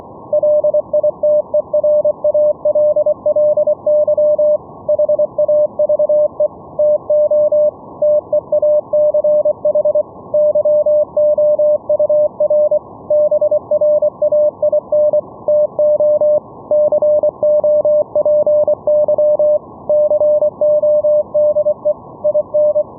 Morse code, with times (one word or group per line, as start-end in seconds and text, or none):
0.3-4.6 LITERALLY
4.9-6.5 HAVE
6.8-7.7 TO
8.0-10.0 TEACH
10.3-12.8 YOUR
13.1-15.2 BRAIN
15.5-16.4 TO
16.7-19.6 COPY
19.9-21.9 CODE
22.2-22.8 IN